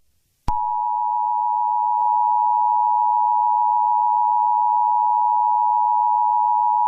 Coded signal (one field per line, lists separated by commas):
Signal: Emergency Alert System (SAME) tones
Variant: 853 and 960 Hz attention tone